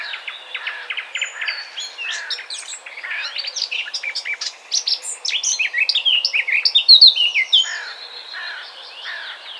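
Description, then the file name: Eurasian blackcap song: rapid scratchy chirps build into a louder, fluty warble with clear whistled notes near the end, then it eases off. "Sylvia atricapilla"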